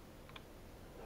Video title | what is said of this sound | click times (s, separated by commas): #2 Homeassistant sur orangepi+ 2e | voilà le petit clic et puis je vais insérer le | 0.4 s